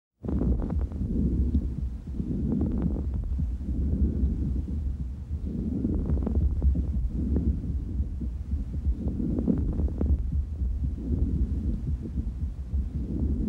Fine Crackles.